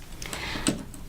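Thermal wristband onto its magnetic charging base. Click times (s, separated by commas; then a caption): 0.7 s. An Embr Wave 2 thermal wristband is set down on its magnetic charging base with its two gold contact dots lined up with the base's two gold pins. Magnets pull it into place, and it snaps onto the base with a sharp click at 0.7 s, after a few faint ticks earlier in the clip. The band is seated on the charger.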